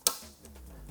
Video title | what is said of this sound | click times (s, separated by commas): How to Install Smog Block Off Plate / AIS Block Off on Suzuki GSX-8S / GSX-8R by TST Industries | carefully until it clicks | 0.1 s